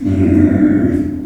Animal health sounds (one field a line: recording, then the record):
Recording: squeal of a Yucatan mini pig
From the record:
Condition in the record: after surgery on the right vocal fold (resection and tissue-engineered implant)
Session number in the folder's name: 4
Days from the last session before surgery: 26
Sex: female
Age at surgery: 19 weeks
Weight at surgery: 25 kg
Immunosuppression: prednisolone